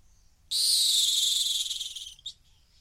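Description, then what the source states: Rock hyrax letting out a long grating shriek of about one and a half seconds that wavers toward the end, followed by a brief sharp note. Calling from the edge of a gorge in the Masai Mara.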